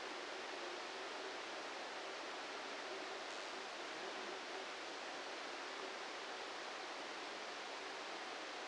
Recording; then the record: brain microelectrode recording played as sound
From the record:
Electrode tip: outside the subthalamic nucleus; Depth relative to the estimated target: -6 mm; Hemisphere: left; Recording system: NeuroSet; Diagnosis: Parkinson's disease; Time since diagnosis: 8 years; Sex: male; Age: 58 years